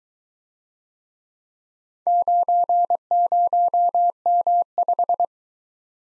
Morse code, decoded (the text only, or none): 90M5